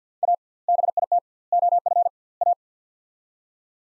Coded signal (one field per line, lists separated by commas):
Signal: Morse code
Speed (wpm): 50 wpm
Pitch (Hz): 700 Hz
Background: none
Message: A BIT OF A